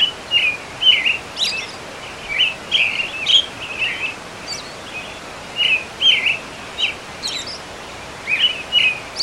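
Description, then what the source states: Bird song, short bright chirps and twittered phrases repeated every second or so, with a few higher thin notes, over a steady rushing hiss. Recorded together with the sound of water.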